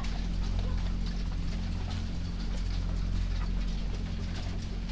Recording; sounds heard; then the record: poultry house recording; sick chickens (respiratory disease)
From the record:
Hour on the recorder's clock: 3